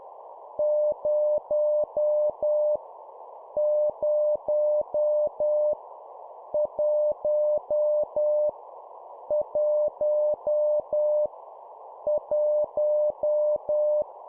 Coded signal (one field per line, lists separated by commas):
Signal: Morse code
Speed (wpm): 10 wpm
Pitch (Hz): 600 Hz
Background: none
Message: 0 0 1 1 1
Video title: 10wpm Repeat three times Number, morse code course